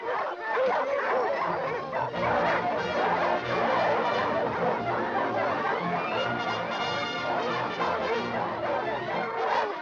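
A pack of hunting dogs chasing a rabbit barks and yips continuously in an overlapping, excited chorus, loud and dense throughout, with some higher whimpering cries mixed in.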